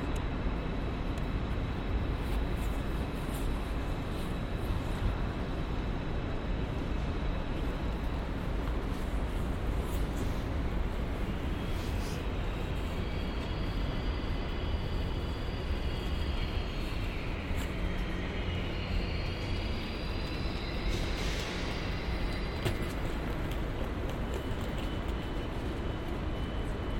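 Sounds of a train station: a dense, steady low rumble of engines and machinery fills the whole stretch at an even level. Thin high squeals glide and shift between about 12 and 22 seconds, like brakes or wheels on rails, with brief clanks scattered throughout.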